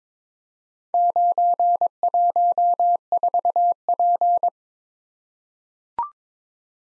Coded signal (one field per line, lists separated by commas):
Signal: Morse code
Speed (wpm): 22 wpm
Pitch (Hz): 700 Hz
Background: none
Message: 914P